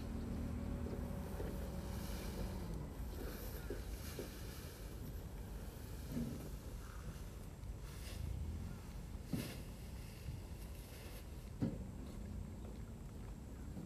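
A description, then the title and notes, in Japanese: A rice binder cuts a row of rice and ties it into bundles, its small engine droning steadily and low throughout. Sharp clacks and rustling bursts come every second or two, louder near 6, 9 and 12 seconds, over a faint wind rush. バインダーという稲刈り機で、1列ずつ稲を刈り、束にしていきます。バインダーで稲刈り、ハザ掛け。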